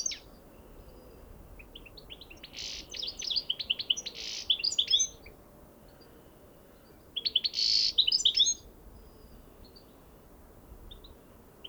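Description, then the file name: European goldfinch twittering song in two bursts of rapid tinkling notes and buzzy trills, separated by a pause of a few seconds. "Carduelis carduelis"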